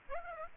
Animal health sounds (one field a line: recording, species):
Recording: mosquito wingbeat signal from an infrared sensor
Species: Aedes aegypti